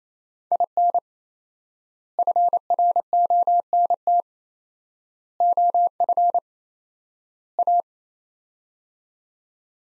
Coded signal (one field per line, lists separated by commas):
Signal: Morse code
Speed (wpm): 28 wpm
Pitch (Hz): 700 Hz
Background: none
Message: IN FRONT OF A